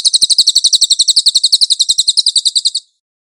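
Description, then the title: Cililin song: a fast, high, chattering trill of evenly spaced notes running for nearly three seconds, then stopping abruptly into silence. "SUARA BURUNG CILILIN"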